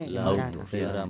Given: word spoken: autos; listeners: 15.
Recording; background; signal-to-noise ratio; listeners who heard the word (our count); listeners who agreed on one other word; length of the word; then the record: one Spanish word in noise, from a listening test; four-talker babble; -1.0 dB; 2 of 15; 9 of 15; 0.70 s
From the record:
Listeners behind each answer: 9, 2, 1, 1, 1, 1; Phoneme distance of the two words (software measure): 7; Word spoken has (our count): 2 syllables, 5 phonemes, stress on syllable 1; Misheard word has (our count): 2 syllables, 4 phonemes, stress on syllable 1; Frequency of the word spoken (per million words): 13.94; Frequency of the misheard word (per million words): 39.60